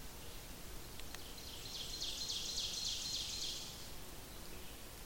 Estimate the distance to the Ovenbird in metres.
about 70 m